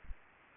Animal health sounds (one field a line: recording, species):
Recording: mosquito wingbeat signal from an infrared sensor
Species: Anopheles arabiensis